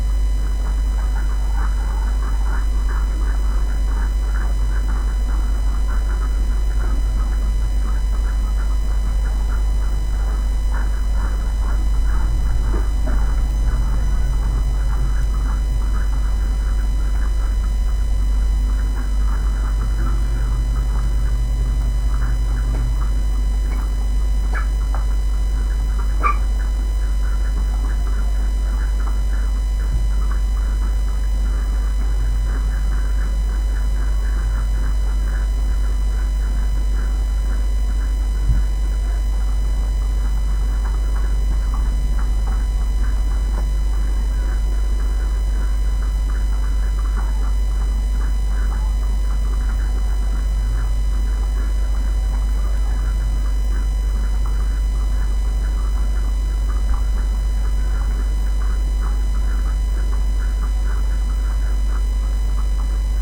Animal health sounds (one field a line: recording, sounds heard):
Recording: poultry house recording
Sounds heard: sick chickens (respiratory disease)